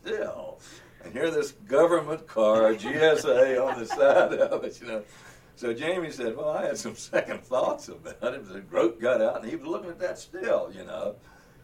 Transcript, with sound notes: and here this government car, GSA on the side of it, you know. [Laughter] So, Jamie says, “Well, I had some second thoughts about it, but Grote got out and he was looking at that still you know.